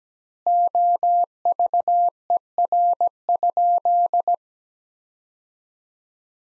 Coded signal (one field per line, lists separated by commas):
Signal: Morse code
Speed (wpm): 17 wpm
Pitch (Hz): 700 Hz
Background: none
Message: OVER?